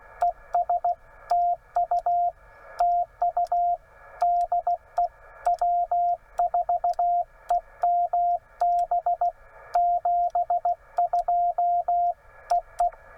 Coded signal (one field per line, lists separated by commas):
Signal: Morse code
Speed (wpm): 16 wpm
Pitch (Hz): 700 Hz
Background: radio noise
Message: ES TU TU DE W4EMB 72 EE